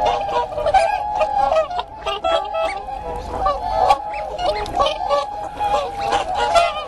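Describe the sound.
Whooper swans calling together, a dense babble of nasal honks and trumpeting notes overlapping without pause for the whole stretch.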